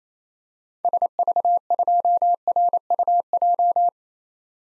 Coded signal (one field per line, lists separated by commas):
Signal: Morse code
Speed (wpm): 28 wpm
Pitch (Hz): 700 Hz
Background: none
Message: SV2RUJ